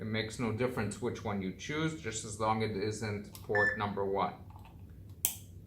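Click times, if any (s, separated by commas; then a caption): 5.2 s. Someone talks while the other end of an RJ45 network cable is plugged into a free port on a router or panel, with faint handling sounds near the end of the speech. A loud, sharp click at 5.2 s marks the plug seating in the router port, and the connection is confirmed.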